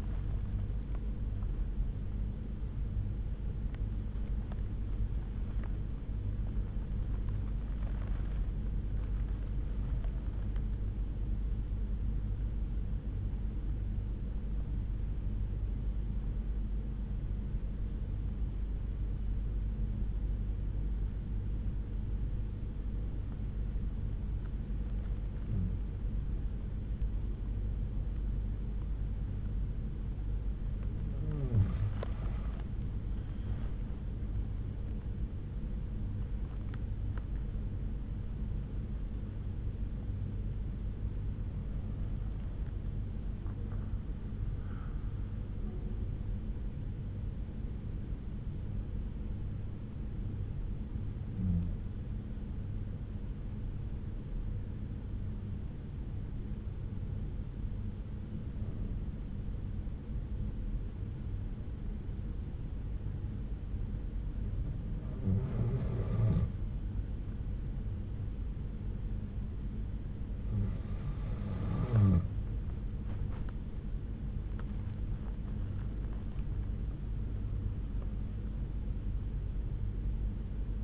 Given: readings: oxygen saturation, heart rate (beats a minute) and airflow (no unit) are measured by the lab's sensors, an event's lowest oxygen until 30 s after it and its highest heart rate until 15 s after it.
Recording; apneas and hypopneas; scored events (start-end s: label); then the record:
breathing in sleep by a smartphone at the bedside; 2
9.00-80.84 s: new sleep stage, N1 (lightest sleep)
15.00-33.00 s: obstructive apnea (N1, oxygen 96% highest, then 90% lowest)
45.00-66.30 s: hypopnea (N1, oxygen 95% highest, then 90% lowest)
From the record:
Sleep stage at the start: REM sleep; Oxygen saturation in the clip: 90 to 96%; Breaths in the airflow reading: 9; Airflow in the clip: -8.9 to 8.8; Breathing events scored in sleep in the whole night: 368 in 8.0 hours asleep